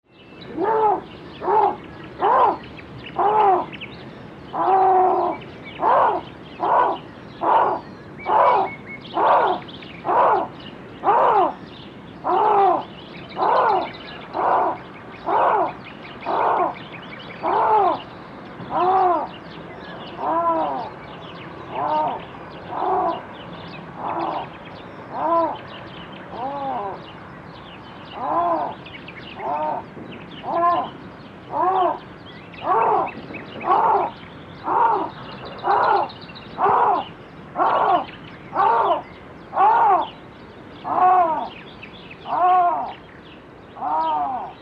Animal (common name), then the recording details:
Canadian Lynx. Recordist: Tembrock, Günter. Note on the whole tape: Männchen: Rufreihen